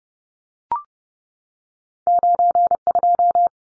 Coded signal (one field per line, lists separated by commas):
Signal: Morse code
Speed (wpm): 29 wpm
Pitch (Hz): 700 Hz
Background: none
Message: 92